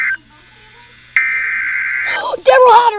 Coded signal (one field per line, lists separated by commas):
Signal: Emergency Alert System (SAME) tones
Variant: header bursts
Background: speech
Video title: Tornado Warning and severe thunderstorm warning DOUBLE HEADER!!!!! [EAS #21 & #22]